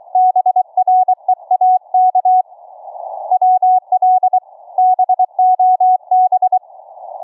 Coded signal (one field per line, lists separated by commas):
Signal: Morse code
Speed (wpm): 22 wpm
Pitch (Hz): 740 Hz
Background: none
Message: BREAK WL BOB